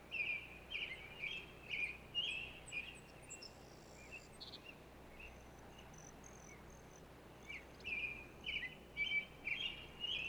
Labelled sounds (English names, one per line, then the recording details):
Brewer's Blackbird song
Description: Brewer's Blackbird song recorded in Moraine Park in Rocky Mountain National Park
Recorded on 29 May 2017